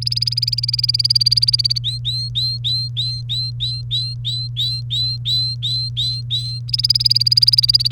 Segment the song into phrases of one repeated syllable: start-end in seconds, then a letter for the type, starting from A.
0.01-1.78 A, 1.84-6.59 B, 6.68-7.92 A